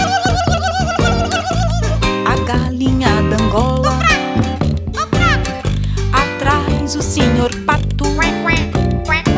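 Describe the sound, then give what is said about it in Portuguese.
A voice imitates a turkey's warbling gobble in quick bursts of rising and falling pitch, riding over loud, bouncy children's music with a steady beat. “E vem o peru.”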